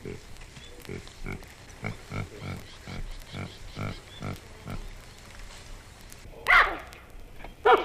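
Baboon giving a quick series of low pulsed grunts, then a pause and two sudden sharp squeals near the end.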